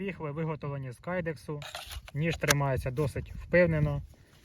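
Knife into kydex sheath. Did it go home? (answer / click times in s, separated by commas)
no / none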